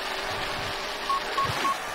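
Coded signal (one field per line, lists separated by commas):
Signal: none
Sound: racing game's timer beeps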